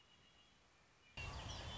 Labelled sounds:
Red-winged Blackbird (Agelaius phoeniceus)

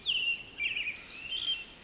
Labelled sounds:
Pacific Wren (Troglodytes pacificus)

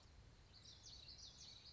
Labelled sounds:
Common Yellowthroat (Geothlypis trichas)

